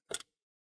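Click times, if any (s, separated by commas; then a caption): 0.1 s. A RAM stick, inserted at 45 degrees into the memory slot of an Acer Aspire 5253 P5we6 laptop, is pressed down flat toward the motherboard. The two side retaining clips snap over it in a brief, sharp double click at 0.1 s, followed by silence. The module is confirmed seated.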